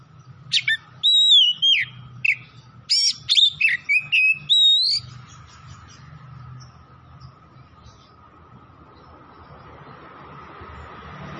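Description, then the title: Oriental magpie-robin song: several seconds of lively, varied whistled phrases with sharp notes, then near silence with only a faint steady hum. Tretes type; singing vigorously (gacor). "Kacer Tretes"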